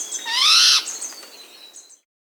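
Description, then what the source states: Slaty-backed nightingale-thrush giving one rich, harmonic phrase that slurs upward, followed by a few faint, high, thin notes that fade out. Recorded in South America.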